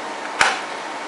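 A handgun is pushed into a Kydex holster and snaps into place with one sharp click at 0.4 s, rising clearly above a steady broadband hiss. The audible click signals that the gun is secured and retained in the holster.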